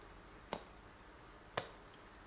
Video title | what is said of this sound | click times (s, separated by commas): Xinlehong Q903-Q902-Q901 - RC CAR BASICS - Wheels and nuts | there you go hear that little extra click just do that if you hold this | 1.6 s